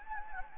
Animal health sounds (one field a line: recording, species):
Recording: mosquito wingbeat signal from an infrared sensor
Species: Anopheles gambiae